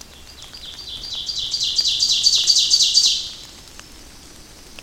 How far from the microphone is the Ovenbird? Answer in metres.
about 15 m